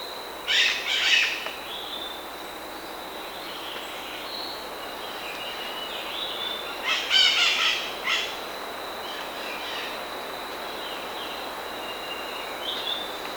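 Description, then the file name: Bird calls, a harsh chattering burst at the start and another after a long pause, with faint chirps between, over a steady high tone and hiss. "SABIOD 50 bird 2015"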